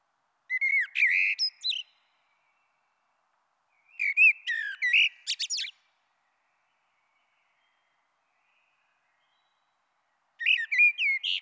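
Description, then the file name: Common blackbird song in three separate phrases, each opening with low fluted whistles and trailing into high, squeaky chatter, with quiet gaps of two to five seconds. "Merle Noir"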